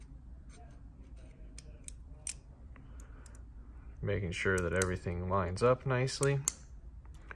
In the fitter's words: can hear it clicking into place there